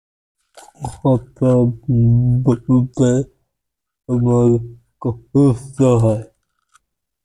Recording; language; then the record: elicited speech; Bengali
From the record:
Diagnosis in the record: Broca's or global aphasia after a stroke